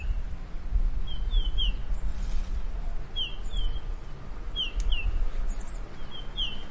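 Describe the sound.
Red-headed bullfinch calls: short, soft, down-slurred whistled notes, often in pairs, repeated at intervals over steady low rumbling background noise.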